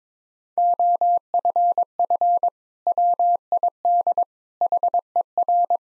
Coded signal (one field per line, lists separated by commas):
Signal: Morse code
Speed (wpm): 22 wpm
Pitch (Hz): 700 Hz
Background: none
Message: OFF WID HER